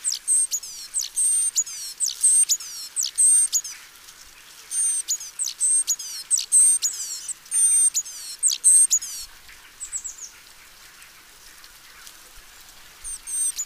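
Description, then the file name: Great tit calls: rapid bursts of thin, very high descending sweeps and short flat whistles in clustered runs, with brief pauses between groups. "Parus major"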